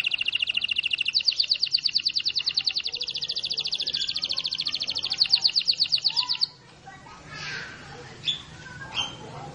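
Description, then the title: Canary song as a long fast roll lasting about six seconds, followed by a few soft chirps. Canary singing a long roll (ngerol panjang); a master recording used for training birds. "Master Burung Jos. Kenari ngerol panjang 1"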